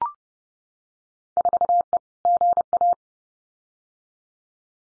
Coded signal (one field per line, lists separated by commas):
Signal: Morse code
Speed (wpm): 30 wpm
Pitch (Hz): 700 Hz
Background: none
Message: 4E GA